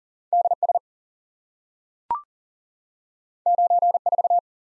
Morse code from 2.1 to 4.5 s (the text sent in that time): 9 4